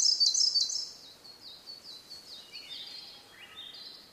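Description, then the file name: Blue-and-white flycatcher song opening with loud, rapid high notes, then a fading series of short whistled notes descending in pitch. "oruri"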